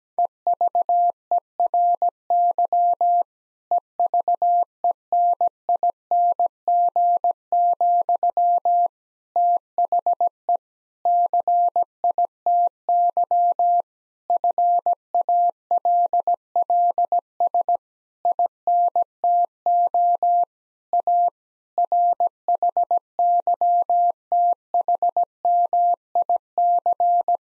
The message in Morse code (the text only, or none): EVERY EVENING, THE CITY FALLS INTO A RHYTHMIC